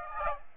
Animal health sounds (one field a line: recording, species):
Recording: mosquito wingbeat signal from an infrared sensor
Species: Aedes aegypti